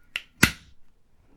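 A pistol's metal fire control unit is pressed down into a polymer Wilson Combat P320 grip module, giving a sharp click at 0.2 s and a louder snap at 0.4 s as it seats. The unit is seated in the grip module.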